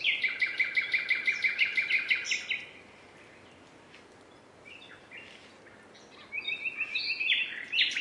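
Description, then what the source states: Common nightingale song opening with a rapid repeated trill of bright notes, falling quiet for several seconds, then resuming with quick stuttering phrases. Recording described as a nightingales' concert.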